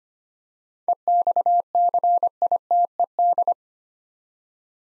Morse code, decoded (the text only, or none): EXCITED